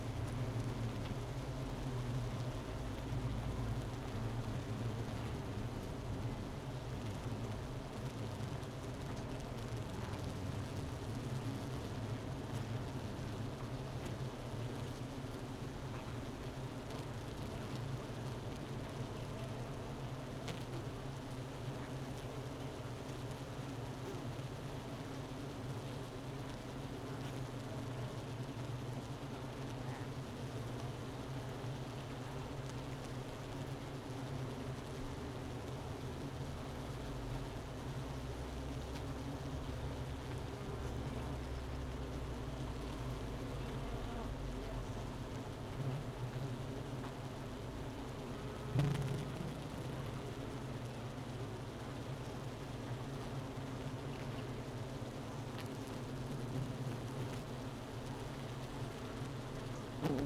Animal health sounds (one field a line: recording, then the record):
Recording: honeybee colony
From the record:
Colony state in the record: missing queen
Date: 31 May 2018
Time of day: 11:40